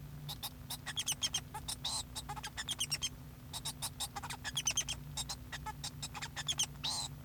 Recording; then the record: song of a male Bengalese finch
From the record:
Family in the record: son of father 2